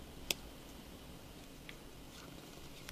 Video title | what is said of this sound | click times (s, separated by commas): LUMIA 920 完整拆機 | push gently down until you feel it snap into place | 0.3 s